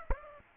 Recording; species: mosquito wingbeat signal from an infrared sensor; Aedes aegypti